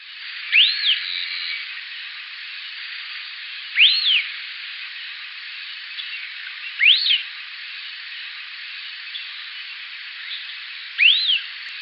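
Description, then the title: Long-tailed Tyrant giving four single thin whistled notes that sweep up then down, spaced a few seconds apart, over a steady background hiss. "LuckyPassaro Completos2Sama. Long-tailed Tyrant (Colonia colonus)"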